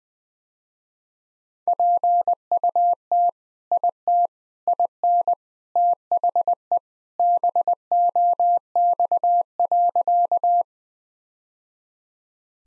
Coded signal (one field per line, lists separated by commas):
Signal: Morse code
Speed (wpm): 21 wpm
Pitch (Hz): 700 Hz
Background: none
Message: PUT IT IN THE BOX.